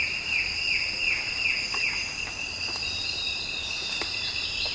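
Bird calls with five or six soft downslurred notes in the first two seconds, then fades under a loud, unbroken high insect drone.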